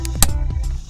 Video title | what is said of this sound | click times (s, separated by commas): Breathe Better in your Car: Cabin Air Filter Replacement 2008 - 2012 Honda Accord | snaps up into place there | 0.2 s